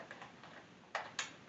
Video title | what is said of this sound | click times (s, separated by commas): 4K UDH Video Camera For Around The Same Price As The 1080P Ones - Aabeloy 4k UHD Camcorder review | Just like that, clicks right in. | 0.9 s, 1.2 s